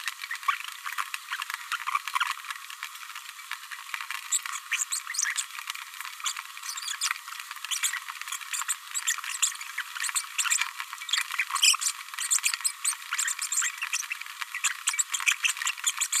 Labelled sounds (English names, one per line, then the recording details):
Green-rumped Parrotlet babbling
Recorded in a nest box in Venezuela
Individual 18B104A3